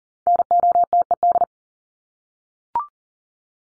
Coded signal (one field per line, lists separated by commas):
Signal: Morse code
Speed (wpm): 38 wpm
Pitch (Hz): 700 Hz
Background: none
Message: NOTED